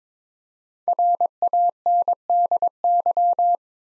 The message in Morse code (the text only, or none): RANDY